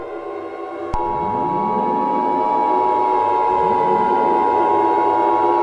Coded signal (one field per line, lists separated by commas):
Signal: Emergency Alert System (SAME) tones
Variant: 853 and 960 Hz attention tone